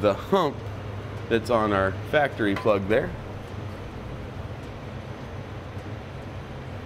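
A Curt T-connector plug for trailer wiring is being lined up with the factory tow harness plug on a 2015 GMC Acadia, its tab aligned with the hump on the factory plug before the two are squeezed together. Someone talks over a steady low hum during the first three seconds, then only the hum continues. The plugs have not been pushed together yet, and nothing has clicked.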